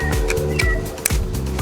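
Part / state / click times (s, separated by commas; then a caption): clip-on grip extension onto handheld gimbal camera / seated / 1.1 s. A plastic clip-on grip extension is pushed onto the base of a DJI Osmo Pocket 4 handheld gimbal camera, with both sides needing to engage. Over background music, a sharp click is heard at 1.1 s, and the extension is clipped on.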